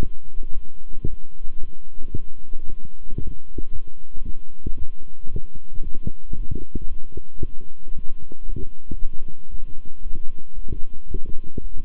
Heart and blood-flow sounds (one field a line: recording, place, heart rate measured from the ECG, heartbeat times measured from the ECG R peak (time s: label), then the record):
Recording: heart sounds by stethoscope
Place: between the tricuspid and mitral areas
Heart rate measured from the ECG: 114 bpm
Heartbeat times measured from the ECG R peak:
0.52 s: heartbeat
1.06 s: heartbeat
1.59 s: heartbeat
2.12 s: heartbeat
2.65 s: heartbeat
3.18 s: heartbeat
3.71 s: heartbeat
4.24 s: heartbeat
4.77 s: heartbeat
5.29 s: heartbeat
5.82 s: heartbeat
6.34 s: heartbeat
6.87 s: heartbeat
7.40 s: heartbeat
7.93 s: heartbeat
8.45 s: heartbeat
8.97 s: heartbeat
9.49 s: heartbeat
10.02 s: heartbeat
10.54 s: heartbeat
11.06 s: heartbeat
11.59 s: heartbeat
From the record:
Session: walking at 3.7 km/h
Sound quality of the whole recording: good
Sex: male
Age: 26 years